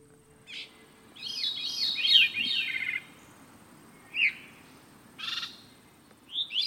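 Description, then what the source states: Veery song: fluting, downward-spiralling phrases, one long rolling series and several shorter separate phrases. Veeries sing responsively rather than in chorus, one voice quickly answering another, with an unearthly quality.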